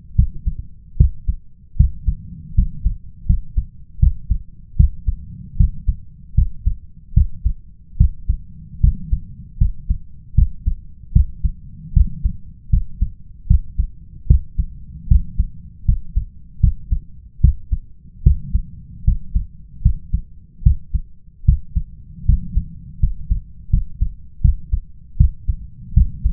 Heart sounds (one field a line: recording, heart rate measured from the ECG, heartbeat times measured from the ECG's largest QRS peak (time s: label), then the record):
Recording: heart sounds by stethoscope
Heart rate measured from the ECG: 77 bpm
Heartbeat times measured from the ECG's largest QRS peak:
0.15 s: heartbeat
0.96 s: heartbeat
1.76 s: heartbeat
2.54 s: heartbeat
3.25 s: heartbeat
3.99 s: heartbeat
4.76 s: heartbeat
5.56 s: heartbeat
6.34 s: heartbeat
7.13 s: heartbeat
7.96 s: heartbeat
8.80 s: heartbeat
9.57 s: heartbeat
10.34 s: heartbeat
11.12 s: heartbeat
11.92 s: heartbeat
12.69 s: heartbeat
13.46 s: heartbeat
14.26 s: heartbeat
15.07 s: heartbeat
15.84 s: heartbeat
16.59 s: heartbeat
17.40 s: heartbeat
18.22 s: heartbeat
19.03 s: heartbeat
19.81 s: heartbeat
20.62 s: heartbeat
21.44 s: heartbeat
22.25 s: heartbeat
22.99 s: heartbeat
23.69 s: heartbeat
24.40 s: heartbeat
25.16 s: heartbeat
25.93 s: heartbeat
From the record:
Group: healthy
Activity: cold pressor test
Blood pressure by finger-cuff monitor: 136/84 mmHg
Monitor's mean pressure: 99 mmHg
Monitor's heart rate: 75 bpm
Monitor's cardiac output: 6.3 L/min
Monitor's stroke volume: 83 mL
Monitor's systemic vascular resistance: 1190 dyn s/cm5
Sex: male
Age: 21 years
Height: 180 cm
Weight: 67.5 kg